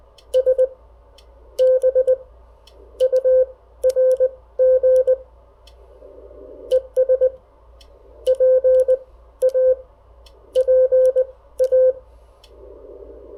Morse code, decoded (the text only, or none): SBURG ES PA PA